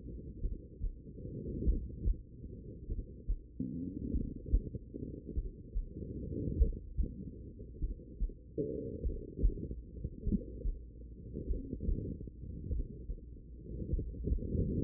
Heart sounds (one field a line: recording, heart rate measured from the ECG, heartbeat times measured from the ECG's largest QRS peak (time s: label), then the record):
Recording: heart sounds by stethoscope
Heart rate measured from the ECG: 49 bpm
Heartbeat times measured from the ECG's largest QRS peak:
0.40 s: heartbeat
1.64 s: heartbeat
2.87 s: heartbeat
4.11 s: heartbeat
5.34 s: heartbeat
6.57 s: heartbeat
7.79 s: heartbeat
9.02 s: heartbeat
10.24 s: heartbeat
11.46 s: heartbeat
12.68 s: heartbeat
13.90 s: heartbeat
From the record:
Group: heart failure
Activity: rest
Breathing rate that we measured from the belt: 24 breaths a minute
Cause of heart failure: idiopathic cardiomyopathy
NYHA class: 2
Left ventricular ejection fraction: 53%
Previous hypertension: present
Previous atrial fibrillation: present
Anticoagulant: apixaban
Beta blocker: bisoprolol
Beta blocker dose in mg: 2.5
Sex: female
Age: 67 years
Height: 150 cm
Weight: 81 kg